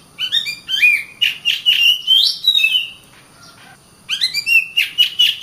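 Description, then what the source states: Oriental magpie-robin song with bright slurred whistles and chirps, a quiet gap of about a second, then a renewed burst of rapid notes. Kacer master recording.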